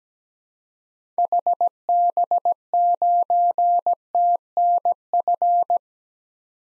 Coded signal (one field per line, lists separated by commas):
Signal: Morse code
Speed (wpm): 17 wpm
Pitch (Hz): 700 Hz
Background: none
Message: HB9TNF